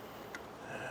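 A plug-and-play running-board light harness connector for Lumastep M1 running boards by Boost Auto is handled at the headlight wiring harness of a 2022 Ford F-250 Tremor. Over a steady low background, a single brief tick sounds at 0.3 s. The connector has not seated or clicked home yet.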